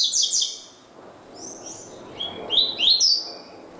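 Double-collared seedeater song: a quick burst of high sweeping notes, a pause, then a rising series of bright, slurred whistles that climb toward the end.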